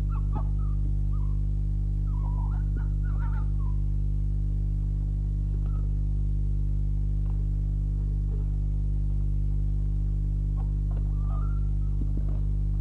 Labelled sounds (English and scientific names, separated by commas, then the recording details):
Red Fox (Vulpes vulpes)
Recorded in captivity
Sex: female
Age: juvenile
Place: Zoologisches Institut der HUB, Berlin, DE
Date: 1955-05-11 19:45
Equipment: 19 cm Halbspuraufnahme
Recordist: Tembrock, Günter
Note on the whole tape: Band F 218-1: Nelly: mit frisch getöteter Maus, hauptsächlich Knurrlaute aber auch Fressgeräusche. Starkes Netzbrummen